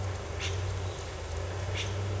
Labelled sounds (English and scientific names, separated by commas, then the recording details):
none
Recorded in secondary vegetation near Puerto Asís, Putumayo, Colombia, on 16 December 2024 at 08:30
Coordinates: 0.468, -76.324
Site G095